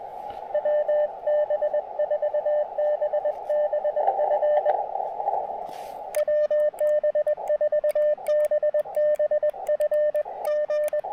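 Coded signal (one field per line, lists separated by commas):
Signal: Morse code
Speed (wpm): 21 wpm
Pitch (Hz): 600 Hz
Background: radio noise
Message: WB4BBF WB4BBF G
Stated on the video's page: QRP CW during an evening POTA activation on 80 meters, Elecraft KX2 with Chelegance MC-750 antenna and its 80-meter coil.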